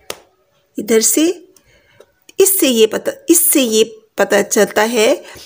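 A hinged braille frame with paper laid on it is closed and pressed down onto its base until it latches with a short click at 0.1 s, locking the paper in place so it will not move. Someone talks after the click.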